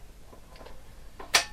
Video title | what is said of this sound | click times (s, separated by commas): Sana 929 - luxusní nerezový šnekový odšťavňovač ♥ Zdravinadlani.cz - recenze česky HD | Slyšeli jste takové cvaknutí | 1.4 s